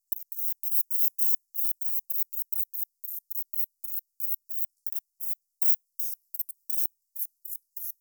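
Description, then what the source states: Nathusius's pipistrelle echolocation, a steady stream of short, hissy high clicks, roughly four or five each second, running for the whole eight seconds. Played back; Europe.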